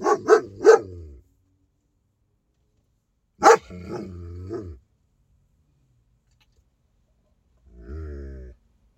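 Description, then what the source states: Domestic dog with three quick barks, a single bark followed by low drawn-out moaning tones, and after silence a faint low growly sound. Dog named King.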